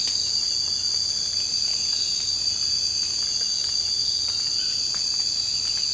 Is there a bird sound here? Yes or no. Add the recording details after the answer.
no. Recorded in secondary vegetation near Puerto Asís, Putumayo, Colombia, on 24 March 2025 at 02:30. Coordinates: 0.502, -76.326. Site G100